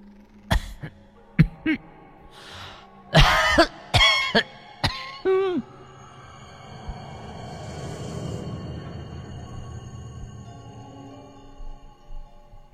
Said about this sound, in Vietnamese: Đột nhiên, có tiếng ho khổ khổ vang lên, làm cho bác giật mình.